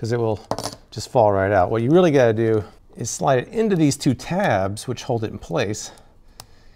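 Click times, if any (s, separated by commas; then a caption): 6.4 s. Someone talks while sliding the plastic support piece of a 10-in-1 phone tool/stand into its two holding tabs. A short, sharp tick at 6.4 s is heard as the piece locks into its slot, seating it in place.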